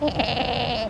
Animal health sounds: contact call of a hoofed animal; goat; low-frequency (closed-mouth) or high-frequency (open-mouth) call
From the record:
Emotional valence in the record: negative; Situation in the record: short social isolation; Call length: 0.90 s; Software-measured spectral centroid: 2130 Hz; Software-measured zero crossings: 1890 a second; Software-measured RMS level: -24 dBFS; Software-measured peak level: -9 dBFS

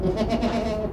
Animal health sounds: contact call of a hoofed animal; goat; low-frequency (closed-mouth) or high-frequency (open-mouth) call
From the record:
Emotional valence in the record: positive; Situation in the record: food anticipation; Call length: 0.92 s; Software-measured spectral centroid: 1680 Hz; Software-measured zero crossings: 1160 a second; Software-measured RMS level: -24 dBFS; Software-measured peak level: -11 dBFS

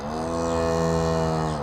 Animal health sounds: contact call of a hoofed animal; cattle; low-frequency (closed-mouth) or high-frequency (open-mouth) call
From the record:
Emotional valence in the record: positive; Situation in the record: visual reunion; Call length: 1.64 s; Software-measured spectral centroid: 2070 Hz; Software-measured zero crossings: 1530 a second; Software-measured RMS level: -24 dBFS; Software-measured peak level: -10 dBFS

